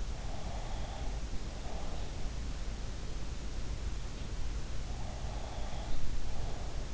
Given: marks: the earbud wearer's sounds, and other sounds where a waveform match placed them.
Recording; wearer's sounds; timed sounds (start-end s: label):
sounds in sleep by an in-ear microphone; breath
0.03-2.32 s: breath
4.88-6.94 s: breath